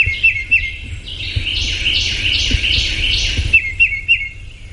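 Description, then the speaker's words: Tufted titmouse chatter: short high chip notes, then a run of buzzy rising-falling notes repeated about every half second, then more chips, over low background noise. Normal chitter-chatter of titmice talking to each other in the trees. "this is just the titmice talking to each other in the trees."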